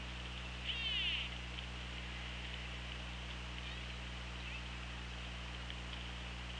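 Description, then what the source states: Killer whale call, a single pulsed, buzzy note with stacked harmonic bands lasting half a second, then only underwater hiss and low hum. Recorded by OrcaLab hydrophone on 24 August 2017 at 17:39:15.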